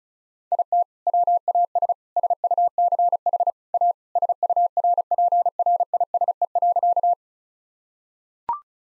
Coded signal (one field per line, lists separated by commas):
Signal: Morse code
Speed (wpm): 36 wpm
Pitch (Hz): 700 Hz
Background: none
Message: IT WAS SUCH A SURPRISE.